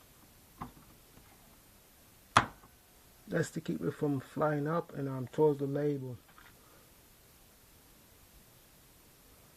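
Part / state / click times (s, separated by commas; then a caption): locking piece on a homemade pipe-lifting rod mechanism / seated / 2.4 s. A small locking piece on a homemade rig, with a chrome-plated metal rod that moves a pipe up and down, is moved until it locks in place. After a faint tap at 0.6 s, it snaps home with a sharp, loud click at 2.4 s, and then someone talks. The piece is seated and locked in place.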